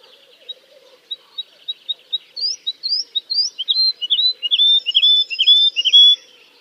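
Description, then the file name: Woodlark song: spaced soft notes build into louder rising-then-falling slurred whistles, with a thin, drawn-out high note near the end. "kicau master woodlark omkicau"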